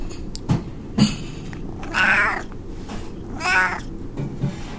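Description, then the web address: Cat giving two drawn-out meows about a second and a half apart, with a few dull knocks before and after them. Recorded 25 February 2007 at 09:59. "cat cat 20070225-0959"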